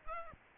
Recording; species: mosquito wingbeat signal from an infrared sensor; Aedes aegypti